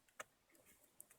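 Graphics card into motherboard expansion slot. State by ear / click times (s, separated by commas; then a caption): not seated / none. A graphics card is handled at a motherboard expansion slot, making a few light, sharp ticks around 0.2 and 1.0 seconds over faint background noise. Nothing has seated or clicked into the slot yet.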